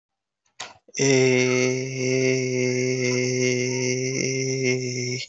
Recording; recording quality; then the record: sustained vowel as in made; excellent, no background noise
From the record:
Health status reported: healthy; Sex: male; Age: 21 years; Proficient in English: yes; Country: India